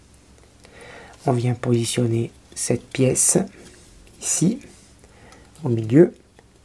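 A small plastic transmission part for the gearbox assembly of a 1/6-scale Citroën DS 19 model is positioned in the middle of the gearbox while someone talks, with only a few faint ticks under the voice. Nothing has seated or clicked yet; the clip ends just before the part goes home.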